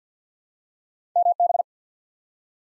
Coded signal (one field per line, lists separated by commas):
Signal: Morse code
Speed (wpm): 48 wpm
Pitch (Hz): 700 Hz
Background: none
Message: MB